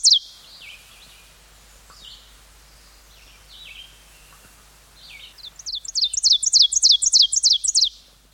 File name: ovenbird